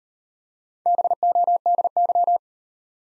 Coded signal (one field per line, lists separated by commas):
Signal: Morse code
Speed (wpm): 39 wpm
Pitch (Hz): 700 Hz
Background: none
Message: BODY